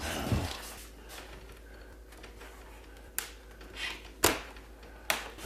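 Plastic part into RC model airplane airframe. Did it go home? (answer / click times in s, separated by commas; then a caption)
yes / 3.2 s, 4.2 s, 5.1 s. A plastic part is pressed into place, front and back, on the foam airframe of a Flightline 1.6 m RC Spitfire model airplane during assembly. Sharp snaps are heard at 3.2 s, 4.2 s and 5.1 s, and the part is seated.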